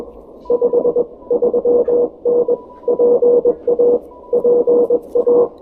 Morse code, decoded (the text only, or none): 53N PA PA